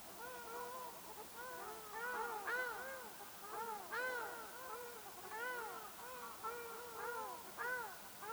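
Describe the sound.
Ruddy shelduck giving nasal, arched honks, several birds overlapping in a steady chorus.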